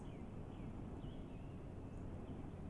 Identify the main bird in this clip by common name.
Song Thrush